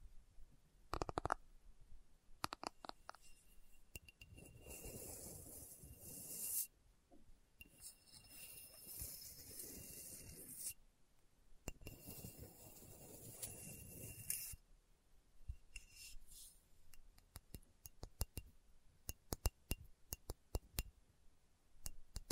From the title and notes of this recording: ASMR Slow Tapping for Deep Sleep (No Talking).